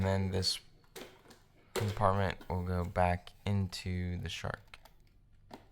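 Someone talks while the plastic dust compartment of a Shark stick vacuum is handled to go back into the vacuum body, with a few faint knocks and taps between the words. Nothing has seated or clicked into place yet.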